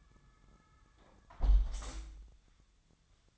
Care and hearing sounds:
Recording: daily activity, microphone in the room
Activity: close window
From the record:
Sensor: 3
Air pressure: 1004.6 hPa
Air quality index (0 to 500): 95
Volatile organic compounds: 3 ppm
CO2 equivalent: 1464 ppm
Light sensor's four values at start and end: 7/17/7/6 and 7/16/6/6

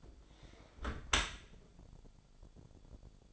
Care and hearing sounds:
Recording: daily activity, microphone in the room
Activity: close dishwasher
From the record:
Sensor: 5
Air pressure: 1006.8 hPa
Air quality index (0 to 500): 185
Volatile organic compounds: 5 ppm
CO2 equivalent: 1763 ppm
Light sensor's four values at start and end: 52/146/57/57 and 52/145/57/57

